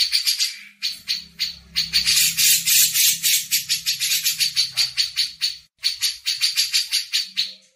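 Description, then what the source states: Grey-cheeked bulbul giving harsh, buzzy chattering bursts of rapid notes in long runs broken by brief pauses; a faint low hum underneath. Master song used to train songbirds.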